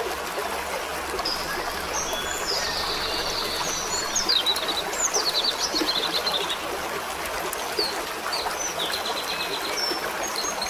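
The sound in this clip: Bird song of several high, thin chirps and short trilled phrases, some rising and falling, scattered throughout over a steady rushing background.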